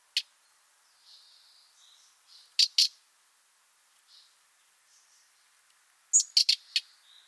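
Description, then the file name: Common nightingale calls: sharp, clicking notes, a single one, then a pair, then a quick cluster of four near the end, with faint soft whistled notes between them. "Luscinia megarhynchos"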